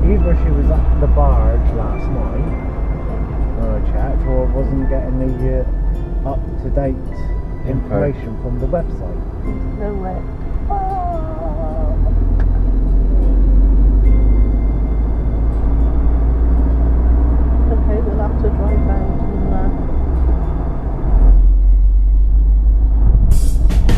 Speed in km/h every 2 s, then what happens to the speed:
21, 19, 16, 16, 16, 16, 19, 21, 24, 26, 29, 32.
0-10 steady at about 16. 10-24 speeds up to 32.